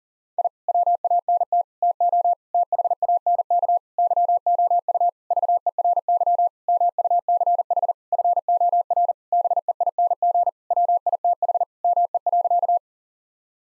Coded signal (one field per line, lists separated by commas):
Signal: Morse code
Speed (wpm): 40 wpm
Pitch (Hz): 700 Hz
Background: none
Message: I WANT TO THANK YOU VERY MUCH FOR BEING WITH ME.